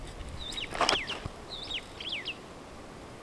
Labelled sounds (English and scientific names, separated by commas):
Superb Starling (Lamprotornis superbus) flight call